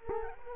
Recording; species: mosquito wingbeat signal from an infrared sensor; Culex quinquefasciatus